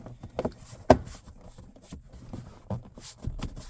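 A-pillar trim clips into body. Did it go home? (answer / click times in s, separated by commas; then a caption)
yes / 0.9 s. Plastic A-pillar trim on a Ford F-150 is pressed into the body, and its clips snap home with a loud, sharp click at 0.9 s. Softer taps and handling knocks come before and after it. The trim is seated.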